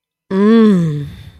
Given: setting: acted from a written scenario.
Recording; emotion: vocal sound without words; desire